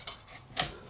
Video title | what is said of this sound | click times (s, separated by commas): "Ben's Tech Support!" - Upgrading to RGB RAM in a Desktop Computer | Line it up and lock it in place. | 0.6 s